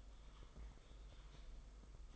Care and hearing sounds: daily activity, microphone in the room; typing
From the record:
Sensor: 5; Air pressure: 991.1 hPa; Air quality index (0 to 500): 131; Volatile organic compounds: 70 ppm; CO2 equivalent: 3520 ppm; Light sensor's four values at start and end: 38/120/46/49 and 38/120/46/49

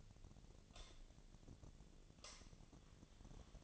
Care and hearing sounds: daily activity, microphone in the room; light on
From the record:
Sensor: 4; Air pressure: 1010.7 hPa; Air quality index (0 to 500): 170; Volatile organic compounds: 5 ppm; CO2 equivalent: 1733 ppm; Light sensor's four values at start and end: 38/109/43/44 and 38/110/44/45

